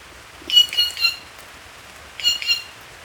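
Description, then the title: Black-crested warbler calling with a quick series of three high, sharp chips, then after a pause two more chips. "Myiothlypis Nigrocristata"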